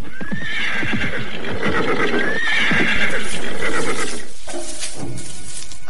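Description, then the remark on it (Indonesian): A tired, staggering horse whinnies twice in rising, quavering calls while its hooves clop steadily on hard ground as its riders stop for a rest, the loud rhythmic hoofbeats continuing and slowing toward the end. “Tapi lihatlah kuda kita, sudah menjadi semakin limbung.”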